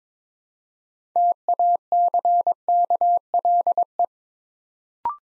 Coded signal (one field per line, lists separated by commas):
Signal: Morse code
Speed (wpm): 22 wpm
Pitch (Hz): 700 Hz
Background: none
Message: TACKLE